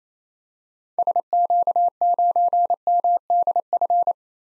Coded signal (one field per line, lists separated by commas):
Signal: Morse code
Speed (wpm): 28 wpm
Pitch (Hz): 700 Hz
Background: none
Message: SQ9MDF